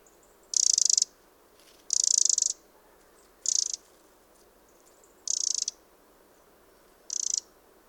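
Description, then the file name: Eurasian wren calling in dry, buzzy rattles, five bursts of varying length spaced unevenly throughout, with faint hiss between them. "Troglodytes troglodytes"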